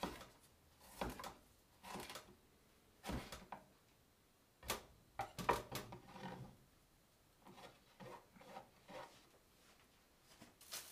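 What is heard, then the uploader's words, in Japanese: Kitchen sounds from making tomato sauce pasta: a run of sharp, separate knocks and clatters, like utensils, pans or a drawer. They come irregularly, about one every second or two, with a busier cluster near the middle and quiet gaps between. 環境音 トマトソースパスタの一部始終。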